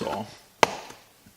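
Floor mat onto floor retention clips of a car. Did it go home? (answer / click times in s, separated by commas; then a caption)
yes / 0.6 s. Someone talks briefly as a driver's side laser-cut rubber WeatherTech floor mat is pressed onto the two floor retention hooks of an MK7 Golf GTI. A sharp, woody snap is heard at 0.6 s as the mat clips in, followed by a faint trailing tick. The mat is seated on its retention clips.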